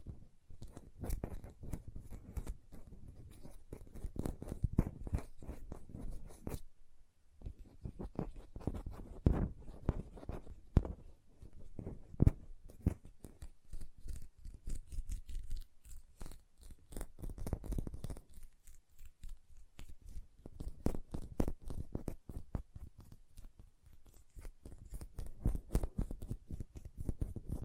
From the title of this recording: ASMR Hand Sounds, Nail Tapping and Lotion Sounds